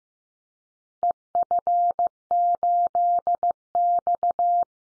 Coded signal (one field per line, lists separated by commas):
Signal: Morse code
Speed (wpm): 15 wpm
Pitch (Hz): 700 Hz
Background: none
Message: EF8X